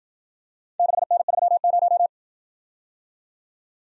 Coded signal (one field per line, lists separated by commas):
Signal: Morse code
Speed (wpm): 54 wpm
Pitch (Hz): 700 Hz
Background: none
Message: 6N30